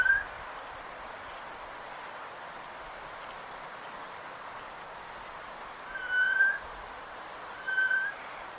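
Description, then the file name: Eurasian jay making brief mewing whistles: one at the start, then two more near the end after a long quiet stretch of soft background hiss. "Garrulus glandarius"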